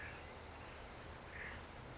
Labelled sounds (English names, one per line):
Acorn Woodpecker